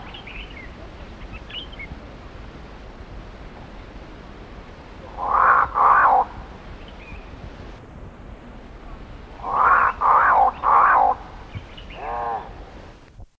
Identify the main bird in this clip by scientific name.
Corvus albus